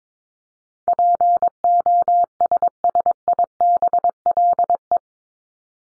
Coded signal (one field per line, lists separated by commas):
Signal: Morse code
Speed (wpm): 22 wpm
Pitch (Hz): 700 Hz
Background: none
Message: POSSIBLE